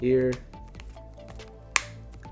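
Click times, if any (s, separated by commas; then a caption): 1.8 s. A tab on a two-piece hard plastic OtterBox Defender Series case shell for an iPhone 15 Plus is pressed together and clips onto the other shell half. Someone talks at the start, then soft ticks give way to one sharp click at 1.8 s. The tab is seated.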